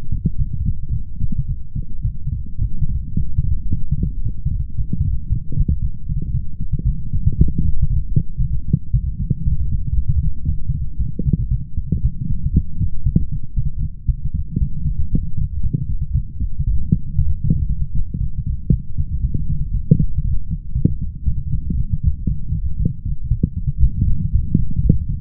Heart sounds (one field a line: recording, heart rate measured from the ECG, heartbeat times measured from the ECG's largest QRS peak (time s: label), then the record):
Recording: heart sounds by stethoscope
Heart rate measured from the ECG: 115 bpm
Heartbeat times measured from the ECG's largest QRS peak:
0.36 s: heartbeat
0.91 s: heartbeat
1.46 s: heartbeat
2.02 s: heartbeat
2.59 s: heartbeat
3.15 s: heartbeat
3.69 s: heartbeat
4.22 s: heartbeat
4.76 s: heartbeat
5.28 s: heartbeat
5.80 s: heartbeat
6.32 s: heartbeat
6.84 s: heartbeat
7.36 s: heartbeat
7.88 s: heartbeat
8.40 s: heartbeat
8.92 s: heartbeat
9.44 s: heartbeat
9.95 s: heartbeat
10.46 s: heartbeat
10.97 s: heartbeat
11.49 s: heartbeat
12.01 s: heartbeat
12.53 s: heartbeat
13.04 s: heartbeat
13.55 s: heartbeat
14.06 s: heartbeat
14.59 s: heartbeat
15.10 s: heartbeat
15.61 s: heartbeat
16.13 s: heartbeat
16.65 s: heartbeat
17.16 s: heartbeat
17.67 s: heartbeat
18.18 s: heartbeat
18.70 s: heartbeat
19.21 s: heartbeat
19.72 s: heartbeat
20.22 s: heartbeat
20.73 s: heartbeat
21.24 s: heartbeat
21.75 s: heartbeat
22.26 s: heartbeat
22.77 s: heartbeat
23.29 s: heartbeat
23.81 s: heartbeat
24.31 s: heartbeat
24.81 s: heartbeat
From the record:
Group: healthy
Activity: light exercise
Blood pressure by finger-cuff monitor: 111/78 mmHg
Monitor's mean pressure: 87 mmHg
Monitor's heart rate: 116 bpm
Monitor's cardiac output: 8.3 L/min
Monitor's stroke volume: 71 mL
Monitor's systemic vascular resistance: 760 dyn s/cm5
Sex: female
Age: 19 years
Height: 163 cm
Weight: 48.9 kg